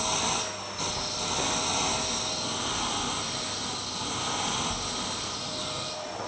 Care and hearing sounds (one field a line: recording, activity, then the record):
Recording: daily activity, microphone in the room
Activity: vacuum cleaning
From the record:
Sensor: 3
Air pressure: 999.2 hPa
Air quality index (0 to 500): 203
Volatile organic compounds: 50 ppm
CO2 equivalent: 3301 ppm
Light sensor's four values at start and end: 7/17/7/6 and 7/17/7/6